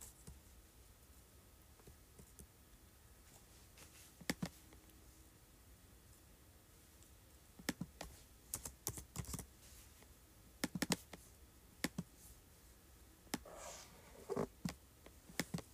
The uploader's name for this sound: Clicking, Scrolling, and Typing on Keyboard